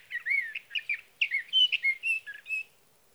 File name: Sage Thrasher